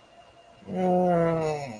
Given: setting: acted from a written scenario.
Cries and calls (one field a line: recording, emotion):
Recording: vocal sound without words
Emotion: confusion